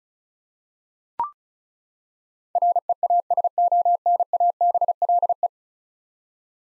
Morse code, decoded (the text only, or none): REASONABLE